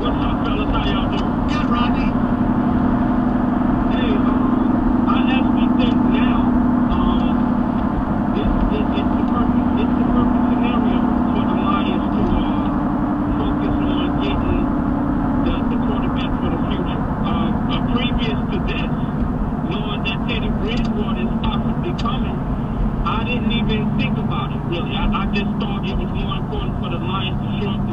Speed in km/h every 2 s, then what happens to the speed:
103, 105, 106, 101, 101, 101, 98, 93, 82, 77, 74, 71, 68, 66.
0-10 steady at about 101. 10-28 slows to 66.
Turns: none.